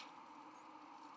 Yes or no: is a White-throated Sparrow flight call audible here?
no